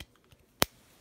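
A crimped female 280 terminal on a wire, its tang bent back up, is pushed back into a 6-pin weather-pack plastic connector housing. A few faint ticks come first, then a single sharp click at 0.6 s as the terminal seats in the housing.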